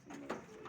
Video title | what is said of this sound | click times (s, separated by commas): Scaffolding Training //Mobile Scaffolding Training //Aluminum Scaffolding Training | हमारा lock हो गया। | 0.3 s